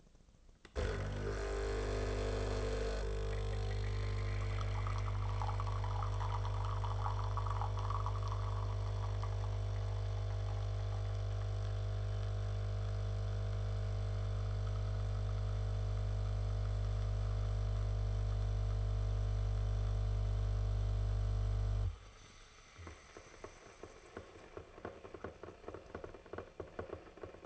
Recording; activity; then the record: daily activity, microphone in the room; make coffee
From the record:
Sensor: 4